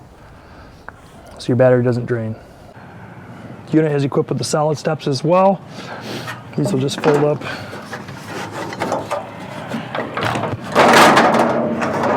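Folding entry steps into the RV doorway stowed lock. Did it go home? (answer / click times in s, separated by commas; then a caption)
no / none. Someone talks while the folding solid entry steps of a 2020 KZ RV Durango 250RES travel trailer are handled, with a brief tap near 0.9 s, a pair of knocks around 8.7 and 8.8 s, and rattling, scraping handling noise from about 10.0 s to the end as the steps are pulled up toward the doorway. Nothing has seated or locked into its stowed position yet.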